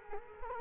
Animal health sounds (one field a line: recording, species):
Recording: mosquito wingbeat signal from an infrared sensor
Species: Culex quinquefasciatus